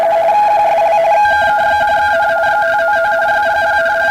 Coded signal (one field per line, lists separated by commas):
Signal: RTTY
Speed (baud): 45.45 baud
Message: QSL KK1N 599 005